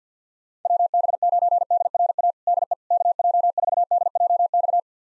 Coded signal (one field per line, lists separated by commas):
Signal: Morse code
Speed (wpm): 50 wpm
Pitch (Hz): 700 Hz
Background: none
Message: WB9DRA DE KJ4DJX